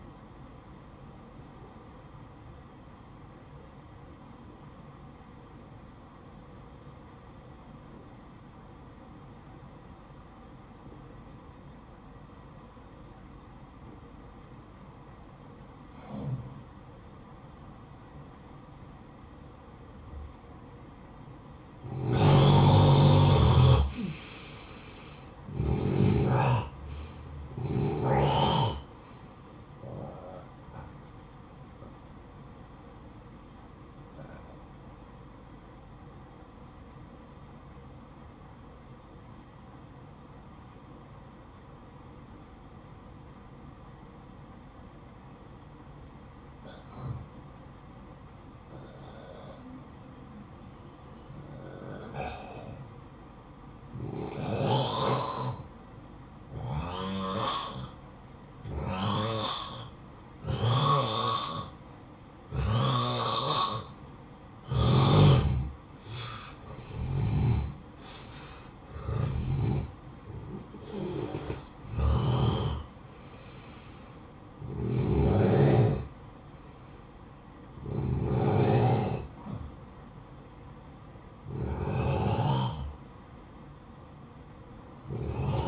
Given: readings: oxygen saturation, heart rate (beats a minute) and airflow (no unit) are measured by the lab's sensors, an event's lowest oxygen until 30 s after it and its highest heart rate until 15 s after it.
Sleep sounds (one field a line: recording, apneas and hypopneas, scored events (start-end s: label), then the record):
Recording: breathing in sleep by a smartphone at the bedside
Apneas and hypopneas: 2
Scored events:
5.00-22.60 s: obstructive apnea (N1, oxygen 94% highest, then 87% lowest, heart rate 60 at the start, 70 highest)
36.00-56.70 s: obstructive apnea (N1, oxygen 91% highest, then 88% lowest, heart rate 58 at the start, 66 highest)
From the record:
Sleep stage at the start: N1 (lightest sleep)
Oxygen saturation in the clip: 87 to 94%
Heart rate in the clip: 53 to 70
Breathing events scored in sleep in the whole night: 573 in 9.8 hours asleep